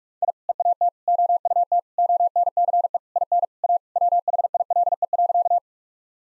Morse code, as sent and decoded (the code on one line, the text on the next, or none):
.. / . .- - / --- ..- - / --- -. -.-. . / .. -. / .- / .-- .... .. .-.. . .-.-.-
I EAT OUT ONCE IN A WHILE.